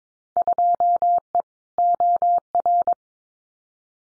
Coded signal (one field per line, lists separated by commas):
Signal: Morse code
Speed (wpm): 22 wpm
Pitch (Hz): 700 Hz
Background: none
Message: 2E OR